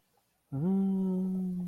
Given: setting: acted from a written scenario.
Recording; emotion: vocal sound without words; contentment